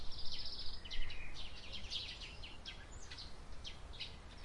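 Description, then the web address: Birds chirping in quick bursts of high notes and short trills, loudest at the start, then sparser, over a low background rumble. Summer birds on a quiet day. "il suono degli uccelli estivi in una giornata tranquilla"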